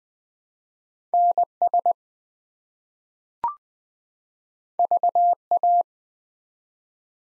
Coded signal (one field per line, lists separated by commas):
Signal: Morse code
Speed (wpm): 20 wpm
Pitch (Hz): 700 Hz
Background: none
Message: NS VA